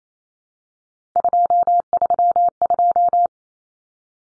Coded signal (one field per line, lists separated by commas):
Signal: Morse code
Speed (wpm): 28 wpm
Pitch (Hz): 700 Hz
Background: none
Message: 232